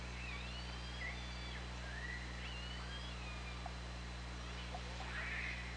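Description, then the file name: Orca calls, several wavering and upswept tonal cries, with a few short clicks, over a steady low underwater hum. Recorded by OrcaLab hydrophone, 24 August 2017, 20:33. "Orca Lab UTLN JASON 20170824 203346 ORCALABDYNI"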